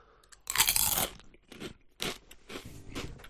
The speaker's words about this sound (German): Heute nerven wir die Zuhörer wieder mit Gegesse und Geschmatze. Mit Mausklicke.